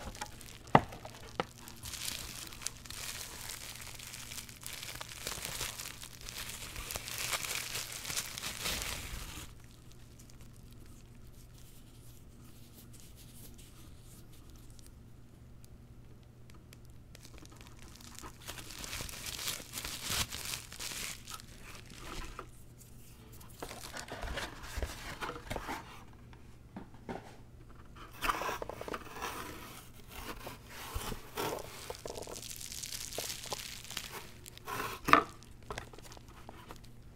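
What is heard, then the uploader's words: Zen garden unboxing: bursts of crinkling and rustling packaging alternate with quieter pauses, a few sharp clicks, and a steady low hum underneath. ASMR Icnbuys Zen Garden Unboxing No Talking.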